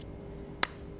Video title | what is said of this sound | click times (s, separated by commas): SDC - MicroBot Construction - Part 4 - Motor Assembly | the housing until it makes a click okay so now I've got the | 0.6 s